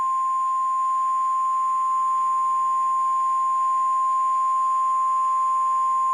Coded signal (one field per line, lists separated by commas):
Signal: Emergency Alert System (SAME) tones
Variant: 1050 Hz attention tone